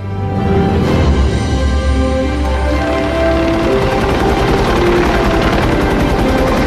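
helicopter flying overhead

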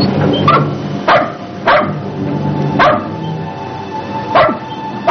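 dog barking

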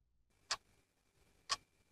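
clock ticking

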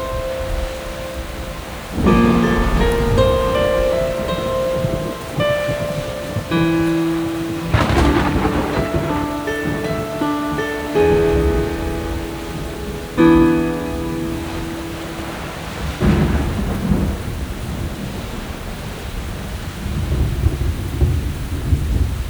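rain with thunder

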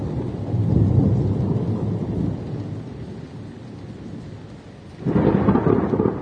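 heavy rain falling

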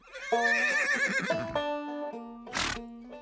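horse whinnying

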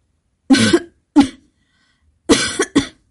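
coughing up blood

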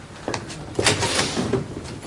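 door slammed shut

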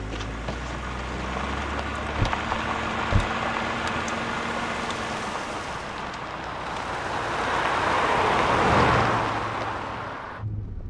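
cars driving off

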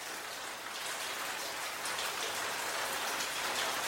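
rain falling

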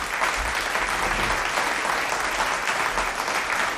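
audience applause

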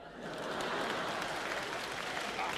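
audience applause

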